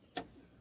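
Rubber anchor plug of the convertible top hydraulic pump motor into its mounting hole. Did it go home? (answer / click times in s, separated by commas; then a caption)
yes / 0.2 s. A blunt star screwdriver set in the middle of the rubber anchor plug on a Chrysler Sebring convertible top hydraulic pump motor pushes the plug down into its mounting hole. A short, sharp snap is heard at 0.2 s over a quiet background, and the plug is seated.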